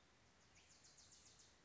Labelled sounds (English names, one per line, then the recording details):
Wilson's Warbler
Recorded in Sonoma County, California